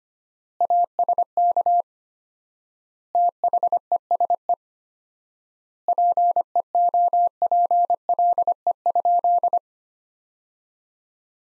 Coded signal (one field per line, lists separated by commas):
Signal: Morse code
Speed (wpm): 25 wpm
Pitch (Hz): 700 Hz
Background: none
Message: ASK THESE PEOPLE?